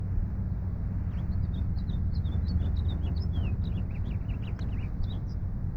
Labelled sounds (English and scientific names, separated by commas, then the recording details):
House Finch (Haemorhous mexicanus) song
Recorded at Breezy Point on Long Island, New York, on 4 June 1975
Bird B